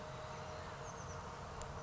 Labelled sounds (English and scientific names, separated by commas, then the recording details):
Oak Titmouse (Baeolophus inornatus)
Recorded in Sonoma County, California